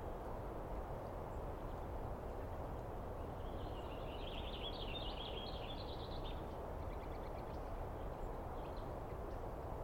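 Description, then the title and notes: Douglas squirrel delivering one high, fast, rattling chatter of about three seconds, then a few faint clicks, against a continuous low rumble. Squirrel screaming at length at dawn, morning of 21 April 2017, East Cascades; identified by sound, not clearly seen. "On the morning of 21 April, 2017, I set up my microphones and recorder for a nice dawn recording in the East Cascades. I was started awake by a screaming Douglas Pine Squirrel. It spent a good while telling me everything that was on its mind."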